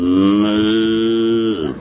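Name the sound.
cow mooing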